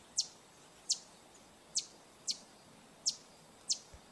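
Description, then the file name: Green honeycreeper giving sharp, high, thin descending notes, one about every half second to just under a second, six in all, over faint steady background hiss. "Canto do sai verde"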